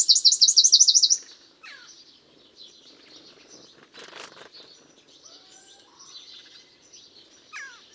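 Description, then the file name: Eurasian wren delivering a short, loud, fast high trill lasting about a second, followed by soft background birdsong. "Troglodytes troglodytes"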